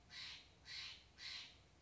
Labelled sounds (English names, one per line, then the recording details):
Steller's Jay
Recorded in Sonoma County, California